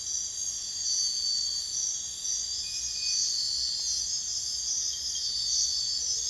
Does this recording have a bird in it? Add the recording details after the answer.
no. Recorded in secondary vegetation near Puerto Asís, Putumayo, Colombia, on 22 June 2025 at 03:30. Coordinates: 0.485, -76.322. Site GP06